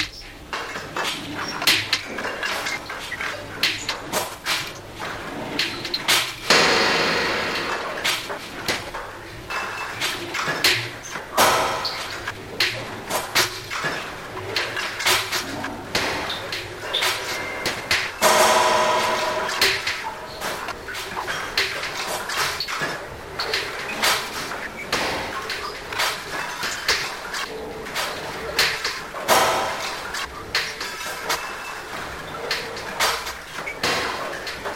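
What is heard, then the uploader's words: A cutlery drawer is yanked and shut over and over, dense clattering bursts with brighter rattling surges near 7 and 18 seconds. A gentle but forceful yank and close of the cutlery drawer, looped and filtered elaborately.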